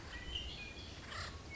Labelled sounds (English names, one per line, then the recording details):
Acorn Woodpecker
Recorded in Sonoma County, California